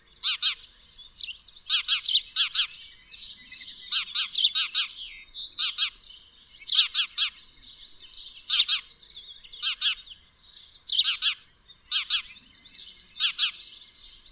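Bird song: high, clipped chirps in rapid clusters, repeated every second or two throughout, with soft twittering underneath.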